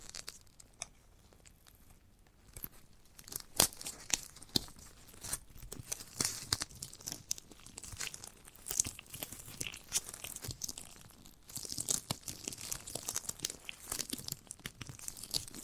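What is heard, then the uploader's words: A giant gummy bear being handled and bitten, with quiet opening seconds giving way to dense, irregular sticky crackles, tearing sounds and crisp clicks. ASMR of a Giant Gummy Bear (No Talking).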